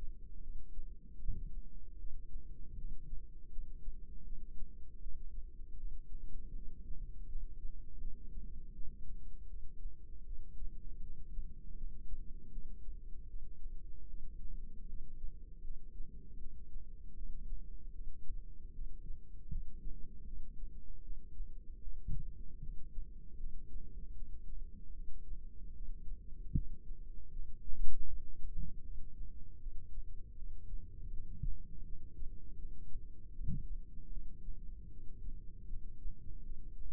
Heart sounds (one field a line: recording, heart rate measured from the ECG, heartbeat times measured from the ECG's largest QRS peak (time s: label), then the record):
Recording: heart sounds by microphone in the right ear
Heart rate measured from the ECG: 78 bpm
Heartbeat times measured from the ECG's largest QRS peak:
0.41 s: heartbeat
1.20 s: heartbeat
1.98 s: heartbeat
2.76 s: heartbeat
3.50 s: heartbeat
4.24 s: heartbeat
5.00 s: heartbeat
5.77 s: heartbeat
6.54 s: heartbeat
7.27 s: heartbeat
7.99 s: heartbeat
8.73 s: heartbeat
9.48 s: heartbeat
10.25 s: heartbeat
11.01 s: heartbeat
11.75 s: heartbeat
12.50 s: heartbeat
13.28 s: heartbeat
14.08 s: heartbeat
14.87 s: heartbeat
15.62 s: heartbeat
16.38 s: heartbeat
17.15 s: heartbeat
17.93 s: heartbeat
18.73 s: heartbeat
19.49 s: heartbeat
20.25 s: heartbeat
21.02 s: heartbeat
21.81 s: heartbeat
22.60 s: heartbeat
23.38 s: heartbeat
24.14 s: heartbeat
24.93 s: heartbeat
25.74 s: heartbeat
26.53 s: heartbeat
27.31 s: heartbeat
28.06 s: heartbeat
28.83 s: heartbeat
29.60 s: heartbeat
30.36 s: heartbeat
31.11 s: heartbeat
31.84 s: heartbeat
32.57 s: heartbeat
33.33 s: heartbeat
34.11 s: heartbeat
34.91 s: heartbeat
35.68 s: heartbeat
36.44 s: heartbeat
From the record:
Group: healthy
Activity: rest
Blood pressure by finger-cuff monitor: 150/99 mmHg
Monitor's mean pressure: 120 mmHg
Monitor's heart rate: 78 bpm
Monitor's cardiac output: 4.7 L/min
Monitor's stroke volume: 61 mL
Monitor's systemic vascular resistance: 1890 dyn s/cm5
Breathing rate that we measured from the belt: 15 breaths a minute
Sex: female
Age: 51 years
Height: 162 cm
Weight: 70.04 kg